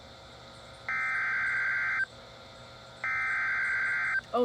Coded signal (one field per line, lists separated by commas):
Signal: Emergency Alert System (SAME) tones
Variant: header bursts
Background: speech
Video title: Severe thunderstorm warning (read desc) FIRST EAS ALERT #newvideo #youtube #easalarm #weather